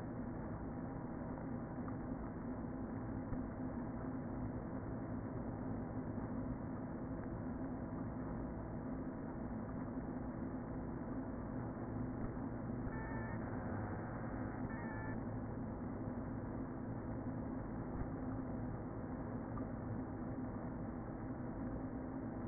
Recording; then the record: honeybee colony, microphone inside the hive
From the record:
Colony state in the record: queen present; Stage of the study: before two queens were removed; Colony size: about 60,000 bees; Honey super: yes